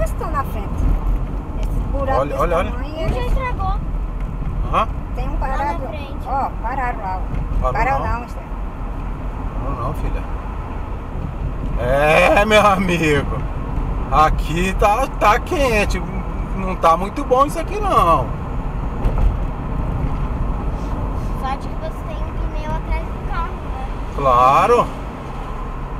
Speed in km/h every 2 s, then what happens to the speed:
45, 41, 42, 45, 48, 50, 51, 53, 56, 57, 56, 55, 58.
3-16 speeds up to 56. 16-26 steady at about 56.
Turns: none.